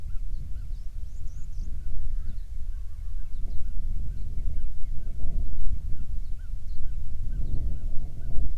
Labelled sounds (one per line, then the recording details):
songbird
wind
insects
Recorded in the Prudhoe Bay oil fields, Alaska, on 7 July 2019 at 00:00
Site 16